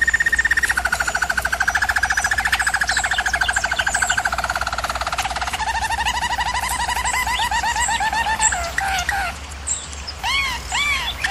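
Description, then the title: German Roller canary rolling song. A fast, even trill gradually lowers, then breaks into quicker twittering and ends in looping, arched whistled notes. A low hum continues throughout. Canary training recording of a German Roller canary singing. "German Roller Canary Singing - Canary Training Vid"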